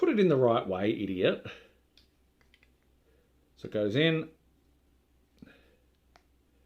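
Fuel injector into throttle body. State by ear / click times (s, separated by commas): seated / 6.2 s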